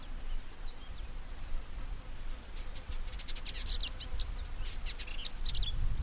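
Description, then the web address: Variable indigobird singing a rapid jumble of buzzy rattles and short whistled slurs in the second half, over steady low-frequency background rumble. "Indigobird Song Vidua funera"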